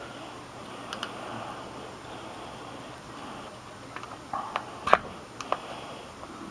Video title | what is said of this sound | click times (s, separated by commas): Ignition Switch Repair / Rebuild ! | this one looks like it's going to be a lot easier i think i heard it snap right back on there but that's | 4.9 s